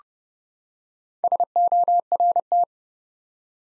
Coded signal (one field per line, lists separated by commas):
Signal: Morse code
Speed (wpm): 30 wpm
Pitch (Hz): 700 Hz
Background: none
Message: SORT